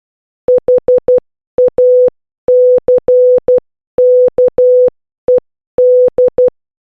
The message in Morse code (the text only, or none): HACKED